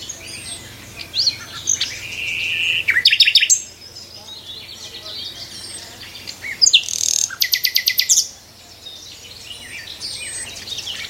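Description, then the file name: Common nightingale song with two bursts of fast, loud repeated notes a few seconds apart, each with a whistled lead-in, over a steady background of other birdsong. "Nachtegaal"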